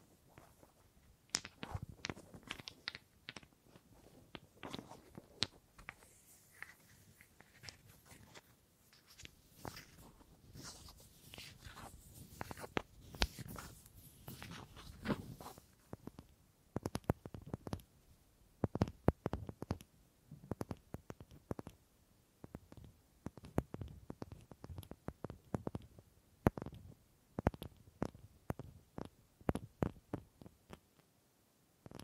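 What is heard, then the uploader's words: Dry wooden tapping and scraping fills the space, with sharp knocks arriving in irregular clusters throughout. The sounds are crisp, spanning low thuds to bright clicks, growing busier and denser after the midpoint. ASMR Simply Relaxing Wood Triggers for Sleep New Mic Test Tascam Portacapture X8 (No Talking).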